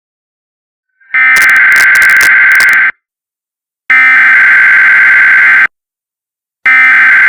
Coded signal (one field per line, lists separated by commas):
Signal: Emergency Alert System (SAME) tones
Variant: header bursts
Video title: Ultimate || EAS Scenario || VALID TONES